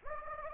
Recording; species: mosquito wingbeat signal from an infrared sensor; Anopheles gambiae